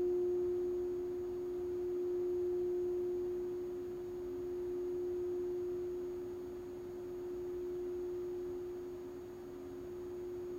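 A sound bath tone rings steadily, one pure low-middle pitch held without a break for the whole stretch. Its loudness swells and eases gently every few seconds, like a slow pulse. A faint higher overtone and a quiet hiss sit underneath.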